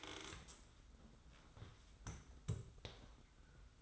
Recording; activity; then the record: daily activity, microphone in the room; stand up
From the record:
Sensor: 3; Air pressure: 990.5 hPa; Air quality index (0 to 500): 172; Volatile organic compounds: 1000 ppm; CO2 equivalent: 5572 ppm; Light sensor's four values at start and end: 39/92/38/36 and 39/93/38/36